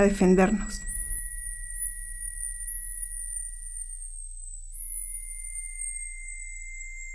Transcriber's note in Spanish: Sonido de tinitus